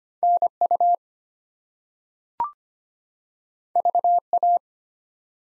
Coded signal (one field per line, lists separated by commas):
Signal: Morse code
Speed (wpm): 25 wpm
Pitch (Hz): 700 Hz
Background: none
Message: NU VA